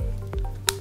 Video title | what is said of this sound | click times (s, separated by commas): TruPulse i Series Training and How-Tos | close the battery door, hear it click, the batteries are installed | 0.7 s